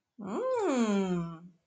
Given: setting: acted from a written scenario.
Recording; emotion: vocal sound without words; contentment